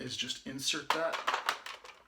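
Someone talks while handling a plastic part about to be inserted into the chest cavity of a Transformers Siege Omega Supreme robot toy, with brief plastic taps and rustles around 1.5 and 1.7 seconds. Nothing has seated or clicked yet.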